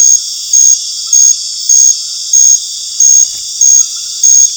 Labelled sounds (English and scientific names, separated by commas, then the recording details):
none
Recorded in dense forest near Puerto Asís, Putumayo, Colombia, on 12 March 2025 at 19:00
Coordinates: 0.484, -76.317
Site G064